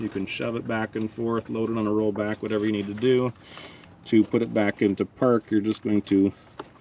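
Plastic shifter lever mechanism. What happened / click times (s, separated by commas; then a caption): The shifter lock is handled but has not clicked back into place / none. Someone talks while working at the neutral override release lever in the transmission shifter mechanism of a 2022 Nissan Pathfinder SUV, which is held in neutral by a tool so the vehicle can be moved or loaded on a rollback. The tool is about to be removed so the park lock can spring back into position, but nothing has clicked or seated yet.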